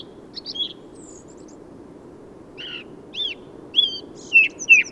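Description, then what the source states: Song thrush song: scattered short chirps early, then after a pause clear downslurred whistles given one by one, rising in strength toward the end. Song thrush in Valdrôme forest, autumn, 15 November 2020; autumnal improvised song; thrushes staying until snowfall thanks to exceptional whitebeam and rowan fruiting; Nagra Seven recorder, Telinga Pro7 parabola.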